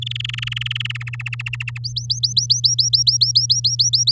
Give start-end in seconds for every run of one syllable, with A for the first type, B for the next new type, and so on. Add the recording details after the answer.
0.02-0.97 A, 1.00-1.78 B, 1.84-4.12 C. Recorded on 11 May 2018 at 07:06. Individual llb16